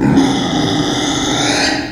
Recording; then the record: squeal of a Yucatan mini pig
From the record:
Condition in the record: before surgery on the right vocal fold (resection and tissue-engineered implant); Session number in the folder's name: 2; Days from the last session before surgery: -15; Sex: female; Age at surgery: 19 weeks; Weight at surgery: 25 kg